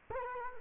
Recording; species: mosquito wingbeat signal from an infrared sensor; Culex quinquefasciatus